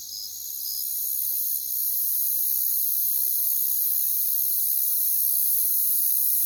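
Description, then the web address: Crickets in a dense, steady high-pitched chorus that swells in the first seconds, with a couple of brief chirps standing out early on. "WLL Grade 1-12 Pre-Uni Library Natures Songs Sleep Sounds of Nature CRICKETS Crickets"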